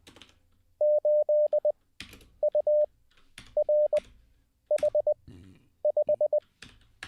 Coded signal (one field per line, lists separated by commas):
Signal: Morse code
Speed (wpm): 20 wpm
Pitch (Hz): 600 Hz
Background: none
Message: 8URH5